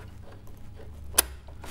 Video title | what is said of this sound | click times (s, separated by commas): Sewing Street–21/07/2022–Christmas Wreath, Hexagon Table Centre, Christmas Tote Bag & Bauble | until it clicks into place it can't move anymore | 1.2 s